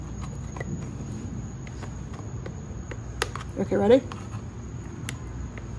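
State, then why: Seated. Someone talks while a turn signal wire connector is worked into place inside the front fender of a Can-Am Ryker motorcycle. Faint handling ticks and a louder tap near 3.2 s come before a sharp snap at 5.1 s as the connector seats firmly.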